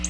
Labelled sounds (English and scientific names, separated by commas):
Black-throated Blue Warbler (Setophaga caerulescens) flight call